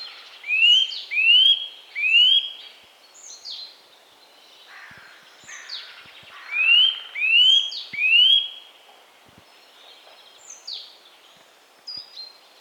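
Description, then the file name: Eurasian nuthatch giving rising whistled calls, two groups of three loud ones with quieter calls between and after. "Sitta europaea"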